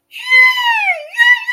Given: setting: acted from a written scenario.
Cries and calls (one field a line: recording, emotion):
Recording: vocal sound without words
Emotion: triumph